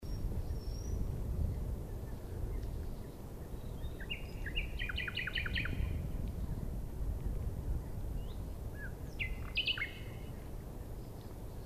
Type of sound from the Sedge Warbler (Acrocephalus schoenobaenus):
song